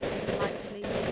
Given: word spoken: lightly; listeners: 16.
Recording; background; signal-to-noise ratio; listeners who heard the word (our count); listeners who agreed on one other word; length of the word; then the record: one English word in noise, from a listening test; noise modulated by three-talker babble; -7.8 dB; 3 of 16; 6 of 16; 0.72 s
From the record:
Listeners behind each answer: 6, 3, 2, 1, 1, 1, 1, 1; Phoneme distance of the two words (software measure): 10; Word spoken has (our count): 2 syllables, 5 phonemes, stress on syllable 1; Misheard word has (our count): 2 syllables, 5 phonemes, stress on syllable 1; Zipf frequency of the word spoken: 3.80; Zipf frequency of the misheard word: 3.68